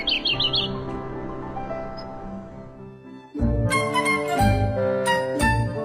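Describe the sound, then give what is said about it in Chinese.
A Siberian blue robin, amid flowers and scenery in Daxing District, Beijing, sings a short run of quick, high, repeated chirps at the start, over a soft music bed that then swells into louder music with heavy beats. “面对鲜花和美景，我们蓝歌渠这样的美丽鸟儿都流连忘返了。”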